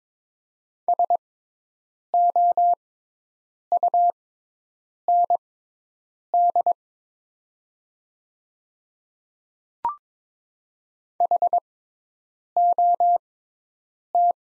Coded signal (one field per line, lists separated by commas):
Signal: Morse code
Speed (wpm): 22 wpm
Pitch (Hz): 700 Hz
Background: none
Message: SOUND HOT